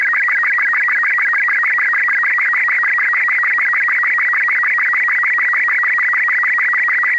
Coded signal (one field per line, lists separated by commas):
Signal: SSTV (slow-scan television)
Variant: Robot 36